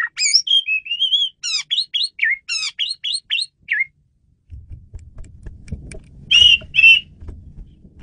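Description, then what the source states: Asian pied starling delivering a quick string of repeated whistled and buzzy notes for about four seconds, then low rumbling with two final loud squeaky calls. Female bird, used as a lure bird.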